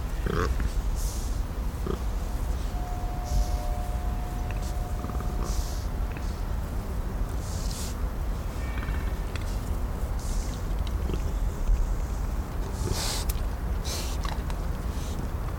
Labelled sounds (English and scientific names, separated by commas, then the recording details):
Bearded Pig (Sus barbatus) call
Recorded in captivity
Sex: diverse
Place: Zoo Berlin, Berlin, DE
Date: 1995-09-14 18:43
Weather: leicht bewölkt, 16°C
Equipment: Sony WM-D6C, Sennheiser ME 80, Kopie Uher 4000 Report Monitor
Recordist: Tembrock, Günter
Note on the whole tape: Kurzlaute eines Männchen und eines Weibchen, Entfernung ca. 6 bis 7 m